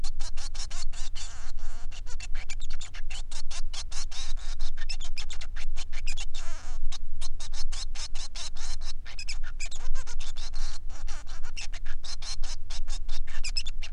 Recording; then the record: song of a male Bengalese finch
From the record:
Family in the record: son of father 3